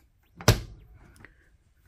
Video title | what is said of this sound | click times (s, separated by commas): Cheap and Simple RV Luxury DIY Upgrade! | just a hair so now you can actually hear them when they latch | 0.4 s, 0.5 s